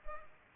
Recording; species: mosquito wingbeat signal from an infrared sensor; Culex pipiens